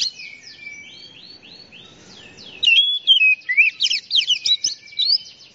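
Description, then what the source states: Oriental magpie-robin song, a softer opening then loud varied whistled phrases with sliding notes and quick chirpy notes, delivered in a fast rich run. Champion singing bird.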